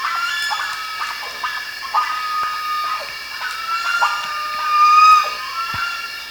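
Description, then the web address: Bird calls, scattered short notes with a thin, steady whistled tone running throughout and a louder burst near the end. "BIRD 2015 SABIOD"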